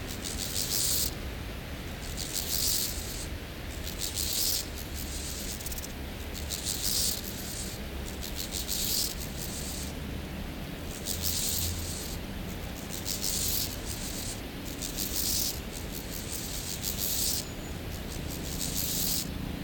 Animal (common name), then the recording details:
Steppe Grasshopper. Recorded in the wild. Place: Eutin, Holsteinische Schweiz, Schleswig-Holstein, DE. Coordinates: 54.132, 10.614. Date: 1992-09-15 12:36. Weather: leicht windig, 18°C. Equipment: Marantz CP 430, Sennheiser ME 80, Kopie Tesla B 116. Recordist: Tembrock, Günter. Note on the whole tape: Männchen (nur 1 H-Schenkel) um Weibchen, eigentlicher Beilaut am Schluß der Strophe, dann 2. Männchen (mit 2 H-Schenkeln); Rivalengesang, dann Werbegesang